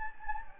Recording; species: mosquito wingbeat signal from an infrared sensor; Anopheles gambiae